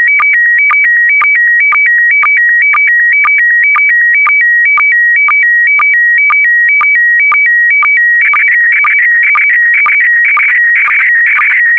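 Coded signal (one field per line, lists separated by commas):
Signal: SSTV (slow-scan television)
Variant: PD120 mode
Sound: warbling tone flipping between two pitches with a short low click about twice a second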